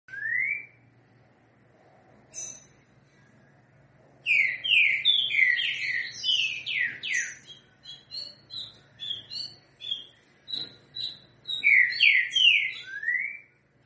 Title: Canto De Trinca Ferro. TRINCA=FERRO 3 NOTAS COM BOI